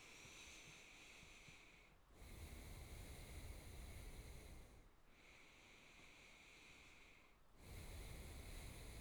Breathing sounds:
nose breathing near a microphone
0.00-2.06 s: inhalation
2.06-4.96 s: exhalation
4.96-7.47 s: inhalation
7.47-9.01 s: exhalation
From the record:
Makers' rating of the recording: good

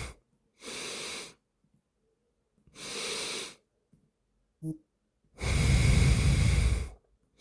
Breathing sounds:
nose breathing near a microphone
0.20-1.55 s: inhalation
2.45-3.85 s: inhalation
5.15-7.15 s: exhalation
7.15-7.41 s: inhalation
From the record:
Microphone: phone

